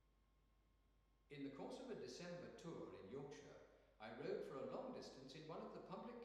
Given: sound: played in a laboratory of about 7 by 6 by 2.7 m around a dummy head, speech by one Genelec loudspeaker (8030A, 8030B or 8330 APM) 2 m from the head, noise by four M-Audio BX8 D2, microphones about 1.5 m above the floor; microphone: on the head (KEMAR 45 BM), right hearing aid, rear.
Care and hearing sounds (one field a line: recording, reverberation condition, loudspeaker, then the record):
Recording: male speech in English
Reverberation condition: high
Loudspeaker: 120 degrees to the right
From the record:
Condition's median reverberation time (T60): about 1300 ms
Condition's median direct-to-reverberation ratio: about -4.0 dB